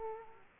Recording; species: mosquito wingbeat signal from an infrared sensor; Aedes aegypti